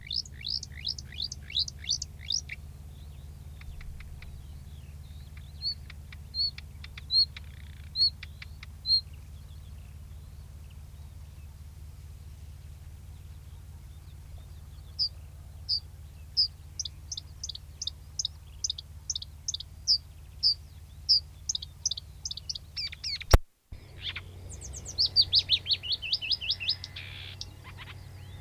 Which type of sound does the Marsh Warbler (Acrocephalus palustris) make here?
song